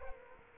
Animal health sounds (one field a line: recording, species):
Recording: mosquito wingbeat signal from an infrared sensor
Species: Culex quinquefasciatus